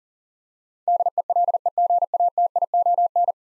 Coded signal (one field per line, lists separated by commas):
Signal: Morse code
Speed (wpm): 40 wpm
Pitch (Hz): 700 Hz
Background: none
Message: DELEGATION